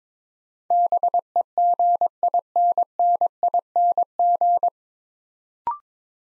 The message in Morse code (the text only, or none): BEGINNING